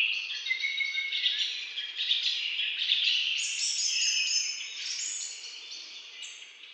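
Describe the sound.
Bird chorus of busy overlapping chirps and twitters, loudest in the middle, then thinning and fading slightly.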